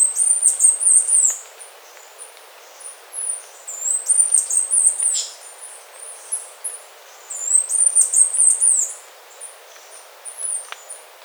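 Bird calls, very high thin sweeping notes in rapid bursts, clustered groups separated by short gaps.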